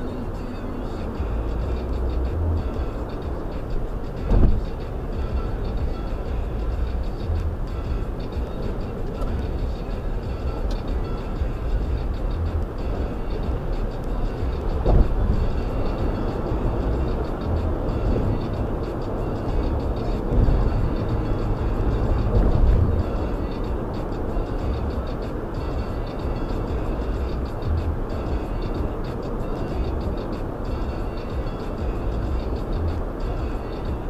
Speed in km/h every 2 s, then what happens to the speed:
103, 103, 103, 103, 105, 106, 109, 111, 113, 113, 113, 111, 111, 109, 108, 105, 103.
0-16 speeds up to 113. 16-34 steady at about 111.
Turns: none.